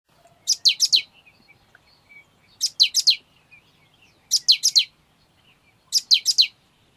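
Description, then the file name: Great tit calls: four bursts of three or four quick, sharp, downward-sweeping high notes, with short quiet gaps between. "Parus major"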